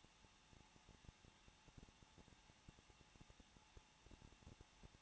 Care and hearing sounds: daily activity, microphone in the room; no activity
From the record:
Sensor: 1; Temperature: 20.1 degrees Celsius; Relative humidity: 39.3%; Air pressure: 1006.4 hPa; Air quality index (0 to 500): 219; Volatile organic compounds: 80 ppm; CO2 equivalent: 3606 ppm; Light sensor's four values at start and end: 1/2/1/1 and 1/2/1/1

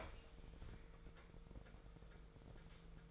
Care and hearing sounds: daily activity, microphone in the room; open fridge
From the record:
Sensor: 5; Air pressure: 1014.9 hPa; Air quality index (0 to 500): 173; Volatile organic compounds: 6 ppm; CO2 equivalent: 1908 ppm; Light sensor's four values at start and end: 60/140/59/63 and 63/148/62/67

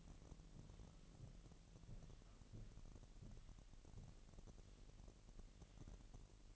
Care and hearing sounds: daily activity, microphone in the room; walk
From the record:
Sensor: 4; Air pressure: 1002.8 hPa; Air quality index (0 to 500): 248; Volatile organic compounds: 28 ppm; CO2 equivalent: 2917 ppm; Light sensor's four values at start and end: 8/19/7/8 and 8/19/7/8

